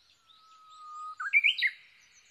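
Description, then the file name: Japanese bush warbler singing one held low whistle, then a sudden bright, twisting flourish of rising and dropping notes. Recorded 22 May 2011 at 05:43. "uguisu-20110522-0543"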